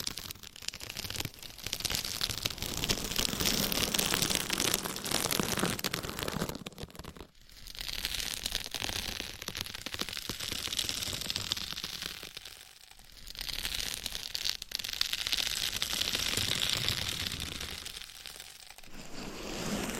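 Microphones being scratched and rubbed, a dense, rough crackling scrape that fills the sound from low rumble up to bright hiss. The scratching comes in long bursts with brief near-silent gaps around 7, 13, 14.5 and 19 seconds.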